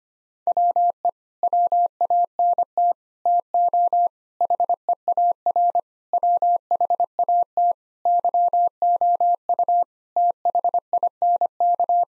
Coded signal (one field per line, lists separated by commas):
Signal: Morse code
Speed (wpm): 25 wpm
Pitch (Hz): 700 Hz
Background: none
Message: WE WANT TO HEAR WHAT YOU THINK